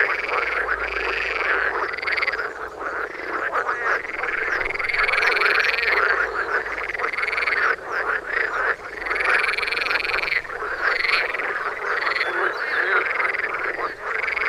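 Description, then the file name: Frogs croaking in a dense chorus of overlapping rising-and-falling calls, repeated rapidly and almost continuously. "toms frogs for wilson"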